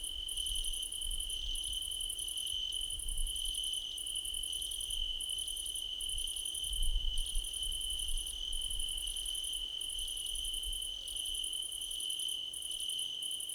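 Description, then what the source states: Chorus of crickets, steady high trill with repeated pulsed bursts, accompanied by low rumbling background noise. Crickets in a choir competition.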